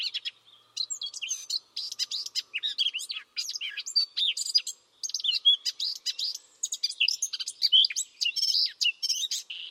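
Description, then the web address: Bird chirping: a quiet start, then fast, varied high twitters and short whistles in a near-continuous chatter, with one brief pause midway. "Bird Only"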